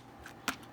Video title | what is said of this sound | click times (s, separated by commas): Dyson V7 Absolute Unboxing And Review | that goes back down and it snaps in place | 0.5 s